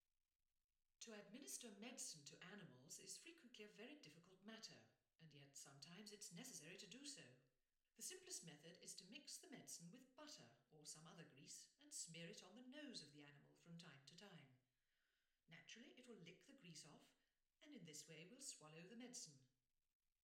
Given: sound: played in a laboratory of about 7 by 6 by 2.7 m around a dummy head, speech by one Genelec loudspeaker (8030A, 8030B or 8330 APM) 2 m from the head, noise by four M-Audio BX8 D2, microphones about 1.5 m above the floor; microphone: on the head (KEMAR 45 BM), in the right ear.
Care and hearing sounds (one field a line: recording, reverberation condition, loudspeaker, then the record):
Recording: female speech in English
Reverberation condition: medium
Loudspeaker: 30 degrees to the right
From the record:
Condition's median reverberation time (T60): about 510 ms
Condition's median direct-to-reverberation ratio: about -0.5 dB